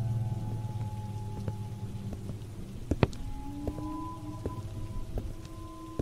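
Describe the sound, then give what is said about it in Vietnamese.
Steady rain hisses throughout on a windy, stormy night, with scattered sharp drips and taps breaking through and a low, sustained humming drone underneath. No voices. “Giờ này đứa nào mà còn mò ra đường giữa đêm hôm mưa gió khuya khoắt như thế?”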